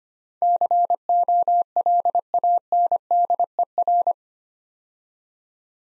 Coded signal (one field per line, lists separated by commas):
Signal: Morse code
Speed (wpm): 25 wpm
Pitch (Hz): 700 Hz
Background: none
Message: COLANDER